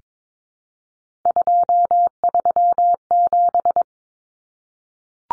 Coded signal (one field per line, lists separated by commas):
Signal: Morse code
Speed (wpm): 22 wpm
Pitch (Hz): 700 Hz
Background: none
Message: 237